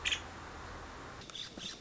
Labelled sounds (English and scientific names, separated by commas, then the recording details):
Nuttall's Woodpecker (Dryobates nuttallii)
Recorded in Sonoma County, California